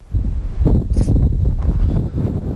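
Steady gusting wind roars and buffets with a deep, low rumble, swelling slightly in waves throughout, with no voices present.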